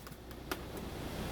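A plastic outer side-mirror cover on a VW Golf MK7, knocked loose earlier, is pressed back onto the mirror housing. After two faint ticks, a sharp snap at 0.5 s marks its clips seating, and the cover is back on.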